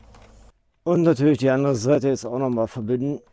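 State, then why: Not seated. The second solar panel input plug is being handled at the input socket of an Anker Solix E1600 battery storage unit used with a PriWatt balcony power plant. After a faint low background hum with a small blip at 0.2 s and a brief silence, someone talks for the rest of the clip. The plug has not seated or clicked yet.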